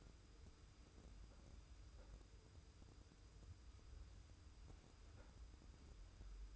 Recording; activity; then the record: daily activity, microphone in the room; wipe stove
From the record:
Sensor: 2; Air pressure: 990.4 hPa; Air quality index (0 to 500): 197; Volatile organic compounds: 1000 ppm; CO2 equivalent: 6308 ppm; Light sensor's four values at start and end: 33/78/32/32 and 33/77/32/32